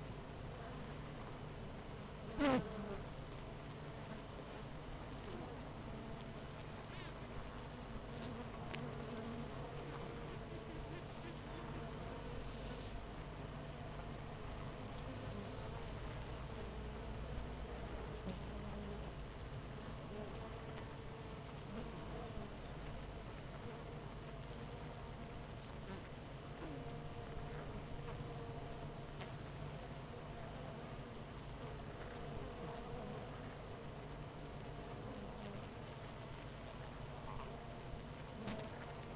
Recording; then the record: honeybee colony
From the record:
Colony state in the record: missing queen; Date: 14 July 2017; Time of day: 8:39